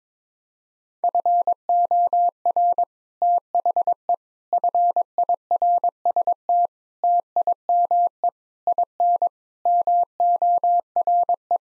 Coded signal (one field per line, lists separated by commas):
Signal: Morse code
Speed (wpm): 22 wpm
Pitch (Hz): 700 Hz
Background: none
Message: FOR THE FIRST TIME IN MORE